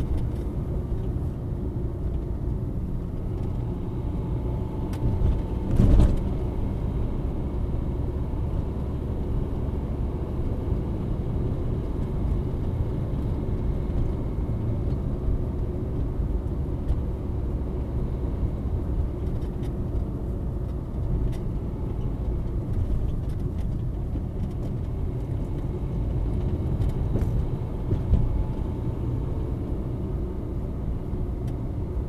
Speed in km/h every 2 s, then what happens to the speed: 49, 44, 47, 51, 53, 54, 55, 56, 52, 51, 46, 40, 38, 43, 48, 49.
6-14 steady at about 54. 14-23 slows to 38. 23-28 speeds up to 48.